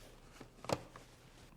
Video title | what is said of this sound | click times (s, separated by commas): ResMed AirCurve 10 Ventilator Clinical Setup | So once you fill it, just close the thing till it clicks, then slide it back into place. | 0.7 s